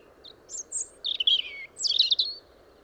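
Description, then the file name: European robin song: thin high whistles, then a tumbling twittering phrase with descending slurs, followed by a second fast jumbled burst, with soft steady background noise. "Erithacus rubecula"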